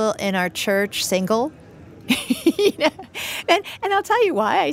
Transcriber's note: laughter